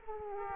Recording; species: mosquito wingbeat signal from an infrared sensor; Aedes aegypti